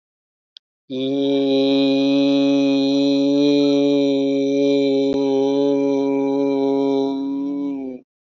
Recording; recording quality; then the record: sustained vowel as in beet; excellent, no background noise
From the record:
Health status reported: healthy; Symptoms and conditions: none ticked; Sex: male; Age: 52 years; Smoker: not ticked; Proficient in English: yes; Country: India